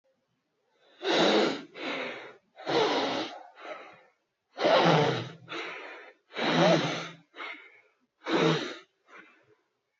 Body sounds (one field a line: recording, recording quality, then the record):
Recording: deep breathing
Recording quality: excellent, no background noise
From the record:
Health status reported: COVID-19 positive, mild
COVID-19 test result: positive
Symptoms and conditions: cough, cold, fatigue, muscle pain, loss of smell and taste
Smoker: not ticked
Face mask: worn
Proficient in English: yes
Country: India